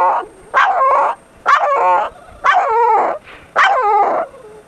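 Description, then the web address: Dog giving distressed whining yelps, four drawn-out cries about a second apart, each starting high and sliding downward, with quiet gaps between. "Distress"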